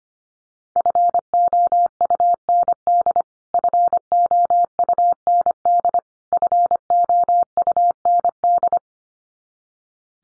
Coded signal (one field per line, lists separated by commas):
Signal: Morse code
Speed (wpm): 25 wpm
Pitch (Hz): 700 Hz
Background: none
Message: FOUND FOUND FOUND